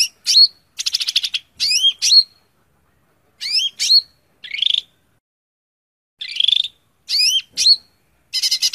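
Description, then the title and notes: Greater green leafbird song: loud high phrases of rising, slurred whistles mixed with buzzy, rattling bursts, delivered in irregular bursts with short pauses between them. Used as a masteran, a training recording for teaching captive birds to sing. "Suara Burung Cucak Ijo. mantap buat masteran burung cak ijo"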